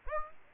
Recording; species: mosquito wingbeat signal from an infrared sensor; Aedes aegypti